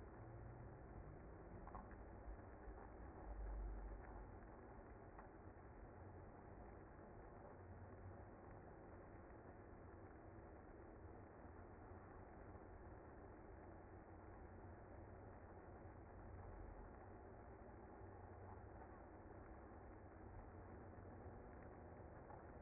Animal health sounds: honeybee colony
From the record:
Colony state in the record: active

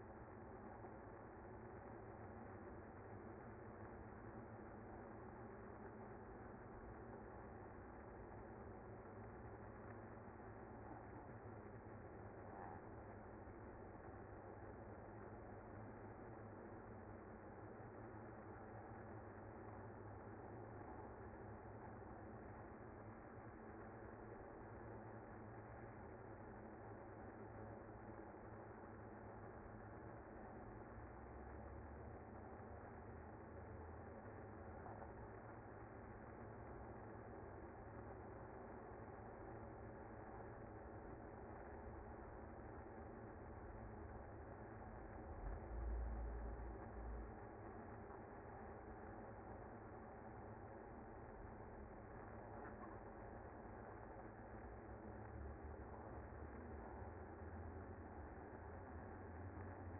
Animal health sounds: honeybee colony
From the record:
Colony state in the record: active

